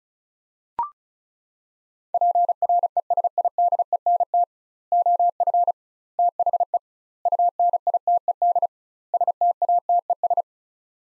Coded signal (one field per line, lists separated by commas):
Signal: Morse code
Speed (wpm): 36 wpm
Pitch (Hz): 700 Hz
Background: none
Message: PRESIDENT OF THE UNITED STATES